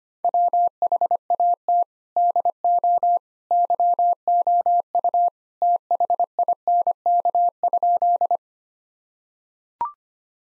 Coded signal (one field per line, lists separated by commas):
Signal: Morse code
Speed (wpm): 25 wpm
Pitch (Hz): 700 Hz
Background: none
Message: WHAT DO YOU THINK?